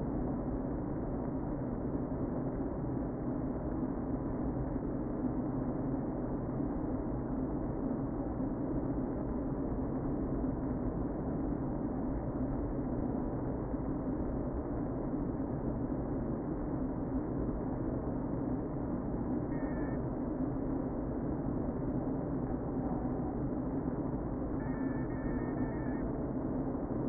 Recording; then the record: honeybee colony, microphone inside the hive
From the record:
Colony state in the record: queen present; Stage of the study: before two queens were removed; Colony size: about 60,000 bees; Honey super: yes